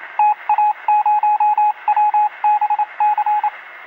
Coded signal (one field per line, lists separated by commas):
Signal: Morse code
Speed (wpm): 27 wpm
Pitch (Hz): 840 Hz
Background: radio noise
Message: TA0WBC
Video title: Fall asleep in minutes with 8 hours of epic morse code.